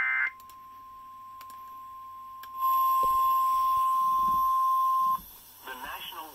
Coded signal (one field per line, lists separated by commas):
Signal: Emergency Alert System (SAME) tones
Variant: 1050 Hz attention tone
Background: speech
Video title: EAS 1478 TOR NWS BIRMINGHAM